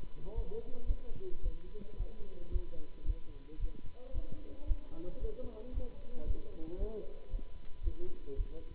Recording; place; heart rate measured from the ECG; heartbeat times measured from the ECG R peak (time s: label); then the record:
heart sounds by stethoscope; between the tricuspid and mitral areas; 112 bpm
0.33 s: heartbeat
0.84 s: heartbeat
1.41 s: heartbeat
1.95 s: heartbeat
2.50 s: heartbeat
3.04 s: heartbeat
3.58 s: heartbeat
4.12 s: heartbeat
4.65 s: heartbeat
5.18 s: heartbeat
5.72 s: heartbeat
6.24 s: heartbeat
6.77 s: heartbeat
7.29 s: heartbeat
7.81 s: heartbeat
8.34 s: heartbeat
From the record:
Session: Bruce protocol treadmill stress test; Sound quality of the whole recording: good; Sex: male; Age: 26 years